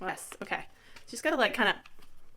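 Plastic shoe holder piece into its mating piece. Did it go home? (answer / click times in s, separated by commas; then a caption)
no / none. Someone talks while handling a plastic shoe holder piece, working it against its mating piece with faint rustling and light taps. Nothing has seated or snapped together yet.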